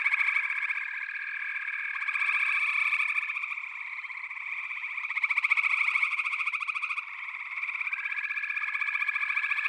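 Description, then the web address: Frog chorus: dense overlapping trilled calls, a steady high pulsing drone that swells and fades in waves, with brighter bursts near the start, middle and end. A chorus of frogs calling together. "The Natural Sounds of the Wilderness. Echoes of Nature - Frog Chorus"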